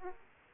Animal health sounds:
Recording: mosquito wingbeat signal from an infrared sensor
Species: Aedes aegypti

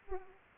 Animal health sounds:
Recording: mosquito wingbeat signal from an infrared sensor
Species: Aedes aegypti

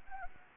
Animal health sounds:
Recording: mosquito wingbeat signal from an infrared sensor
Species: Anopheles gambiae

